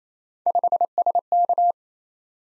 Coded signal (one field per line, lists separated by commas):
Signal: Morse code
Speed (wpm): 27 wpm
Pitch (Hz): 700 Hz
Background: none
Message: 5SK